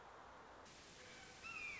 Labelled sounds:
Red-shouldered Hawk
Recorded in Sonoma County, California

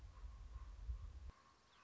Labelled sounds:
Common Raven
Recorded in Sonoma County, California

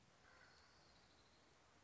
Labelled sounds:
Orange-crowned Warbler
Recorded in Sonoma County, California

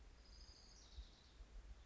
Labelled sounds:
Orange-crowned Warbler
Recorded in Sonoma County, California

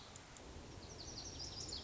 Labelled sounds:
Lazuli Bunting
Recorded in Sonoma County, California

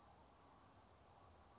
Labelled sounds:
California Towhee
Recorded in Sonoma County, California

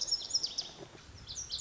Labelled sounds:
Lazuli Bunting
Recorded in Sonoma County, California

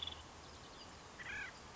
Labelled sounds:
Nuttall's Woodpecker
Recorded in Sonoma County, California

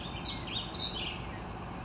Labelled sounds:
Warbling Vireo
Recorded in Sonoma County, California

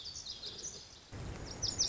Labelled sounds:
Lazuli Bunting
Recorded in Sonoma County, California

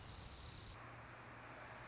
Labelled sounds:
Anna's Hummingbird
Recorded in Sonoma County, California

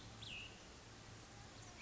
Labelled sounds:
Cassin's Vireo
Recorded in Sonoma County, California

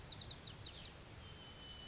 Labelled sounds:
White-crowned Sparrow
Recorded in Sonoma County, California

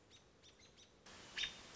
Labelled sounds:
American Robin
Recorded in Sonoma County, California

